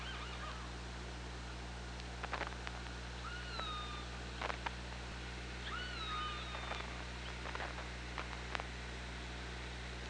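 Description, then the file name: Killer whale calls repeat as sliding, upswept harmonic tones in a few bursts, with scattered clicks and a steady low hum beneath. Hydrophone at OrcaLab, 24 August 2017, 15:49. "Orca Lab UTLN JASON 20170824 154929"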